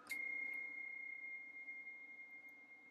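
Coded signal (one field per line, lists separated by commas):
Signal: PSK31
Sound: a single steady high tone near 2.1 kHz with a slight warble, lasting the whole clip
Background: faint low hum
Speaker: qsl i will send that back to him so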